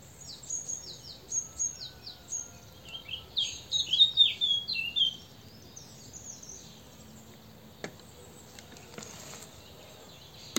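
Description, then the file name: Great tit high notes and down-slurs at first, then a louder lower twittering chatter, followed by quiet hiss with a few clicks. "Parus major"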